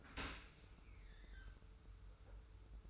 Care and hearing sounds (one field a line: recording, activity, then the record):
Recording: daily activity, microphone in the room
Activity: open dishwasher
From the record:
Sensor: 2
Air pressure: 991.2 hPa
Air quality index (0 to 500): 143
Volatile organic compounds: 293 ppm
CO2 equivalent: 4465 ppm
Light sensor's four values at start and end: 41/117/46/44 and 41/116/46/44